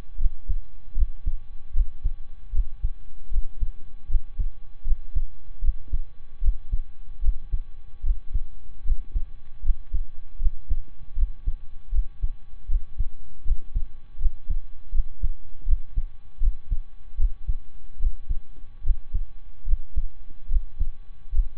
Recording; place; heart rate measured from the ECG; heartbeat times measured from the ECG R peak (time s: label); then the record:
heart sounds by stethoscope; between the tricuspid and mitral areas; 77 bpm
0.15 s: heartbeat
0.92 s: heartbeat
1.70 s: heartbeat
2.49 s: heartbeat
3.28 s: heartbeat
4.05 s: heartbeat
4.82 s: heartbeat
5.59 s: heartbeat
6.38 s: heartbeat
7.18 s: heartbeat
8.00 s: heartbeat
8.81 s: heartbeat
9.60 s: heartbeat
10.36 s: heartbeat
11.13 s: heartbeat
11.89 s: heartbeat
12.65 s: heartbeat
13.42 s: heartbeat
14.16 s: heartbeat
14.89 s: heartbeat
15.63 s: heartbeat
16.37 s: heartbeat
17.15 s: heartbeat
17.96 s: heartbeat
18.80 s: heartbeat
19.63 s: heartbeat
20.46 s: heartbeat
21.29 s: heartbeat
From the record:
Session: slow and fast walking with breaks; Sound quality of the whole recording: saturated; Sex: male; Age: 25 years